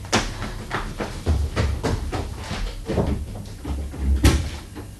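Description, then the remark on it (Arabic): The door of a study is handled and tried to see whether it is open or shut: a string of irregular clicks, rattles and wooden knocks over a low rumble, ending in a sharper thump near the end; the door is closed. No one speaks. “وانظر إذا كان باب غرفة المكتب مفتوحا أو مغلوقا.”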